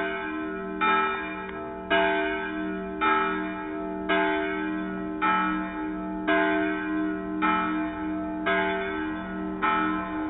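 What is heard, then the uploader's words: Church bells chime in a steady, regular rhythm, one ringing strike roughly every second, each note ringing on and blending into the next. The bells' chime was recorded at Catez Church, Slovenia in 2010. Bells' Chime at Catez, Slovenia.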